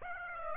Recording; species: mosquito wingbeat signal from an infrared sensor; Aedes aegypti